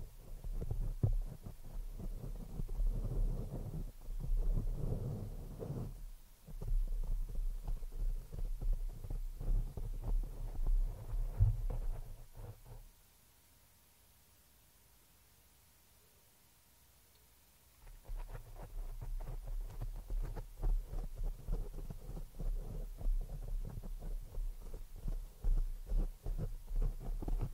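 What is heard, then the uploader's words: Scratching on the microphone, with no talking: dense, rough rubbing full of low thumps and bumps. It pauses briefly near six seconds, then stops entirely from about thirteen to eighteen seconds, leaving a faint steady hum, before the scraping resumes to the end. ASMR PURE SCRATCHING ON THE MICROPHONE NO TALKING.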